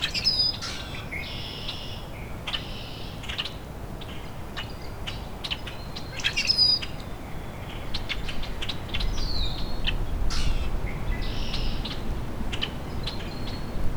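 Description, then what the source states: Rusty Blackbird singing in creaky, buzzy phrases with squeaky high whistles, several bursts throughout. Male singing loudly in dogwoods right in front of the recordist, a second bird singing in the distance; song about 30 minutes after its last songs.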